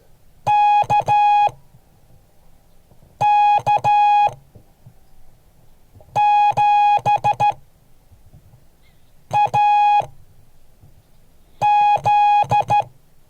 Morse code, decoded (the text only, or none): KK7AZ